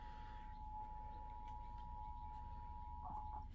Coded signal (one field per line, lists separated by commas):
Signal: Emergency Alert System (SAME) tones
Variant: 853 and 960 Hz attention tone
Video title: eas flash flood warning Eas#105